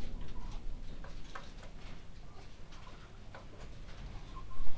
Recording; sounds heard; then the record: poultry house recording; healthy chickens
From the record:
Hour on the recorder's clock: 20